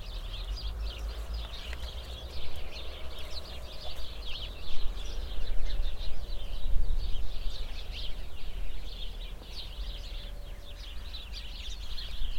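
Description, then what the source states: Flock of sparrow chattering nonstop with rapid overlapping chirps, gusts of wind rising and falling beneath. Flock of sparrows in a bush near a cow pasture, Hupperdange, windy summer morning.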